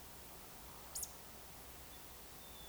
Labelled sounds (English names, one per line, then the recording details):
Eurasian Woodcock
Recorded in Baden-Württemberg, Germany, on 27 June 2020 at 02:27 UTC
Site 43791, 788 m above sea level